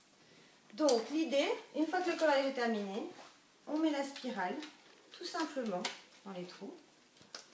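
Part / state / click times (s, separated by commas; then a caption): plastic binding spiral into punched holes of a cardboard book / seated / 7.3 s. A plastic binding spiral is threaded through the punched holes of a coloured cardboard play book and clipped shut. Someone talks throughout, and a single sharp click is heard at 7.4 seconds as the spiral seats closed.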